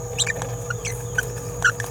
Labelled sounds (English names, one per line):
Green-rumped Parrotlet babbling